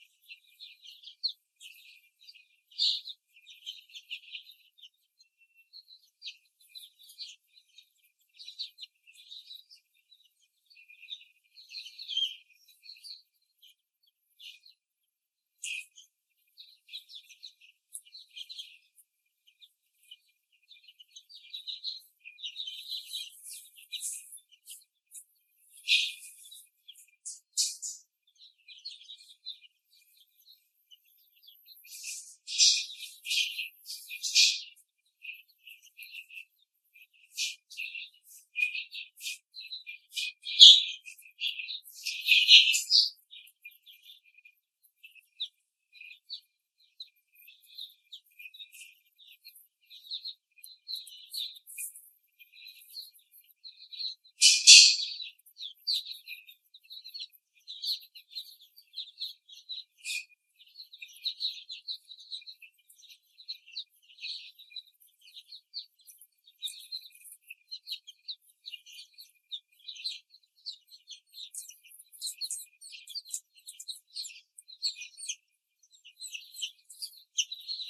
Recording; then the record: young laying hens in a cage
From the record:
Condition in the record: after the stressor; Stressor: simulated dog barking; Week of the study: 3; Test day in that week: 1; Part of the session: 1